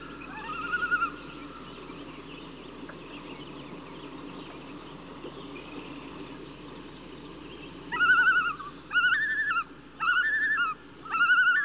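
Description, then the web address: Loon flight calls: one call near the start, then after about seven seconds of quiet, a series of wavering, tremolo-like calls arrives in short bursts roughly a second apart. Calls given by a loon in flight. "bird loon flight calls animal"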